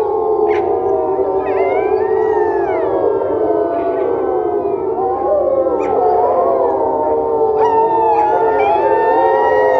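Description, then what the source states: Wolf: wolves howl together in a thick chorus, long overlapping notes with brief higher yelps and quavering rises scattered throughout. Wolves recorded at a wolf preserve.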